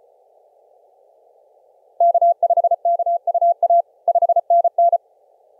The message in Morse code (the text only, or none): K5KUA 5NN